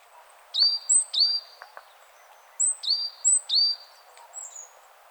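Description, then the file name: Great tit, paired high whistled notes sliding down in pitch, two short series about two seconds apart, steady hiss beneath. "Parus major"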